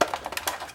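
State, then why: Not seated. The plastic battery compartment cover on the outdoor sensor unit of an AcuRite 06004M 5-in-1 weather station is handled as it is pressed toward closed. Brief sharp plastic taps are heard at about 0.0, 0.1, 0.4 and 0.5 seconds. Nothing has seated or clicked yet when the clip ends, just before the cover goes home.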